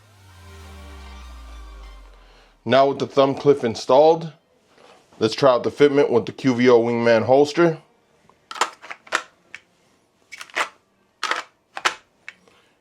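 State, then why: Seated. A pistol with a TLR7 weapon light, fitted with a foam-backed QVO Tactical thumb cliff accessory, is pushed into an unmodified polymer QVO Wingman holster, straight from the packaging with its retention screws unadjusted. After a short descending tone and someone talking, several sharp clacks and taps follow from about 8.6 s. The holster's retention snaps home with an audible click at 11.2 s, seating the pistol.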